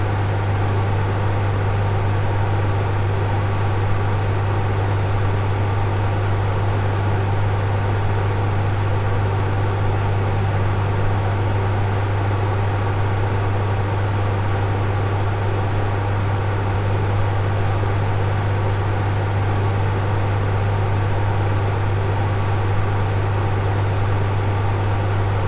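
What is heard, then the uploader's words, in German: Ventilation noise runs without pause, a steady machine drone with a strong low hum at its base and an even airy rush layered above. The level never changes across the recording, and no separate events break the constant mechanical sound. Lüftungsgeräusche.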